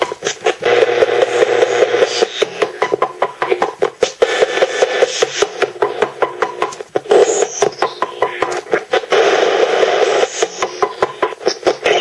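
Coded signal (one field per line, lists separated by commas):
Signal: unidentified radio signal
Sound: rapid regular tapping pulses, about five a second, over a low steady hum and hiss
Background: radio static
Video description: These signals are HAARP.as later confirmed on the HF chart at the now defunct HAARP website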